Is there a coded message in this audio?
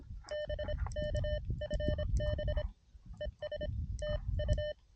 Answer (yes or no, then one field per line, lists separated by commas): yes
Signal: Morse code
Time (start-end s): 0.3-4.7 s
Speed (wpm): 26 wpm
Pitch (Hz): 600 Hz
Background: none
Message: BK FB ES TU